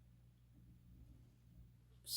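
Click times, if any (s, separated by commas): none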